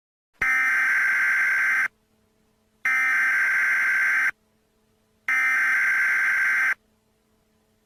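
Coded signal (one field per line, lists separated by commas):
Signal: Emergency Alert System (SAME) tones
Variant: header bursts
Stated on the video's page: Fictional EAS scenario alert made with generative AI voices, not a real activation.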